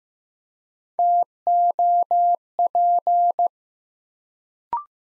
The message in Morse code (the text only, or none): TOP